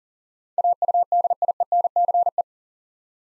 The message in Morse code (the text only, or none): AUDIENCE